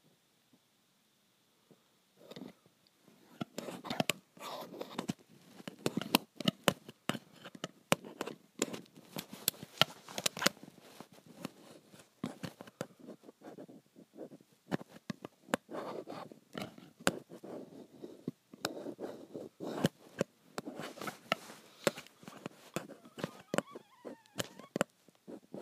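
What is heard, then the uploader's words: Graphite scrapes and taps on metal in dense bursts of short, crisp strokes, starting after about two seconds of near silence. The scratches come irregularly but almost continuously, bright and rasping, with a few thin squeaky tones around the twenty-three second mark. ASMR Graphite on Metal.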